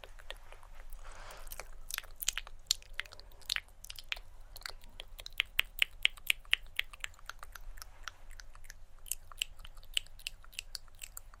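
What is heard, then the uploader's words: Hand movements mix with quick, bright mouth clicks and tongue taps that come in dense, irregular bursts through the whole stretch. A soft rushing swipe sounds near the start, and a faint steady low hum sits underneath. ASMR Hand Movements With Assorted Mouth Sounds (Tongue Clicking, Shoop, TkTk).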